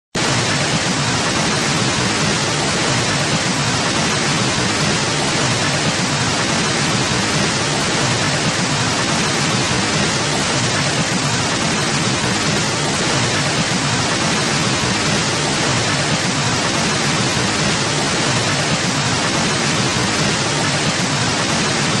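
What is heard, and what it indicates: Simulated tinnitus, static type: a steady, continuous broadband hiss like radio static, spread evenly from low pitches up to about 10 kHz, with no pauses or changes in loudness throughout.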